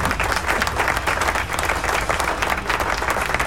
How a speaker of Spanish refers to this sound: así que aplauso.